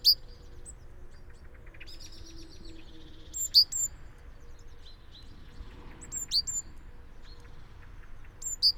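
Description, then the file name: Great tit calls: isolated sharp, high, slurred notes every two to three seconds, with a soft lower twittering in between and a steady low background hum. "Parus major"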